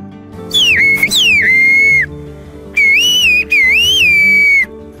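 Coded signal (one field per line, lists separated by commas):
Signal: whistled language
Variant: Turkish kuş dili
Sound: two loud gliding whistled phrases, pitch rising and falling, with brief breaks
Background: low background hum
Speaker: melintasi Lembah pegunungan menghubungkan satu rumah dengan rumah lainnya di daerah yang lebih curam dan menyampaikan pesan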